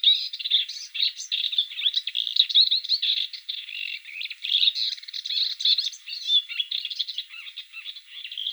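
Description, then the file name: Blyth's reed warbler singing, an unbroken, jumbled flow of high chirps, rattles and sweet whistled phrases, varied and hurried throughout. "Kamyshovka indijskaja"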